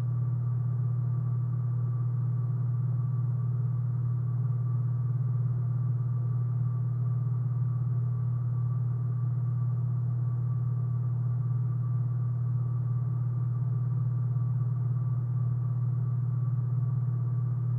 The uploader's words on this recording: Room Tone. Just an empty room, but even an empty room has a soothing sound of movement.